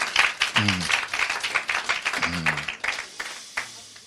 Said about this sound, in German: Und ja, einen herzlichen Applaus.